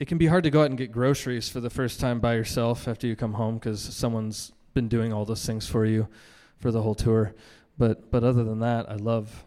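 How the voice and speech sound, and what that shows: A man, a Colorado-based singer-songwriter, speaks conversationally in front of a live audience at the Boulder Roots Music Project. His speech is clear, fluent and ordinary, with a brief repeated 'but'.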